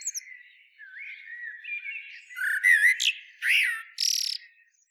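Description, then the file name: Common blackbird giving soft, fluty warbles that build into louder whistled notes and end in a harsh, high squeak. "Turdus merula"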